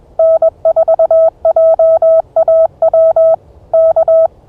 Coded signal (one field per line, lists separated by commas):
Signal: Morse code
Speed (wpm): 21 wpm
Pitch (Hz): 650 Hz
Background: none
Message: N4JAW K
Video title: Early Bird Morse Code CW POTA Pileup 04242025